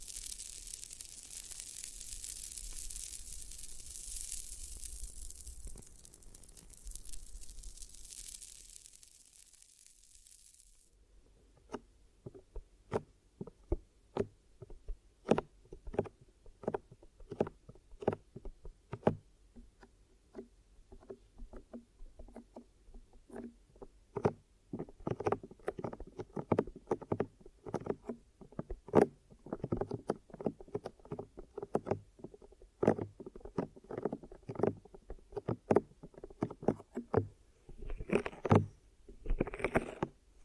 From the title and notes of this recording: ASMR Sleepy Glue Ear Massage and Cleaning (No Talking).